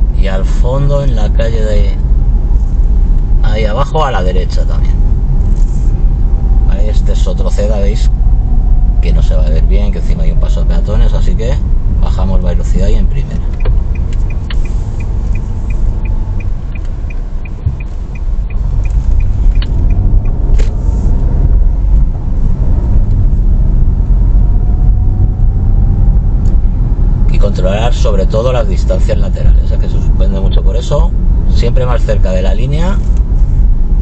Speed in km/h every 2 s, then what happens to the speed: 27, 27, 26, 24, 21, 16, 10, 8, 5, 7, 17, 20, 24, 27, 27, 27, 27.
0-7 steady at about 26. 7-15 slows to 5. 18-25 speeds up to 27. 25-34 steady at about 27.